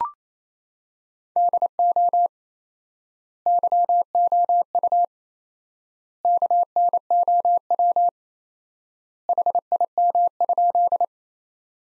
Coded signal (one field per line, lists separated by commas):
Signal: Morse code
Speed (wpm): 28 wpm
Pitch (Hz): 700 Hz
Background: none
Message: DO YOU KNOW HIM?